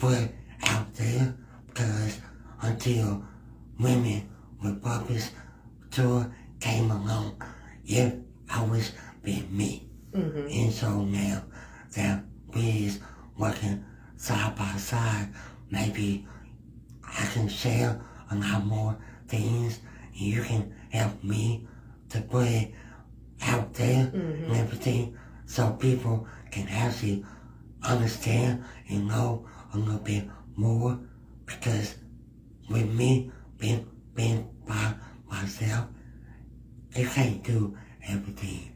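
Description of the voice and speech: Slow, halting speech from a 45-year-old man with cerebral palsy, with stretched sounds, frequent pauses and blurred consonants, fitting dysarthria. The speech impediment comes from his cerebral palsy and grows more mumbled when he is nervous.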